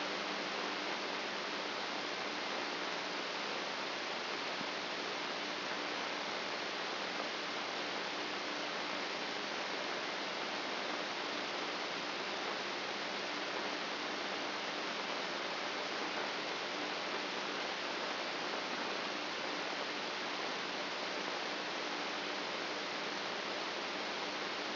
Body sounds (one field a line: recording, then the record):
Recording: brain microelectrode recording played as sound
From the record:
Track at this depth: outside the subthalamic nucleus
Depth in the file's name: 9.029 mm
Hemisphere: left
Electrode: 3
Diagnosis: Parkinson's disease